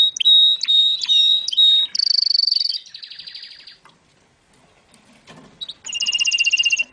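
Domestic canary song with pure whistled notes, fast trills and a brief quiet gap before a final rolling trill.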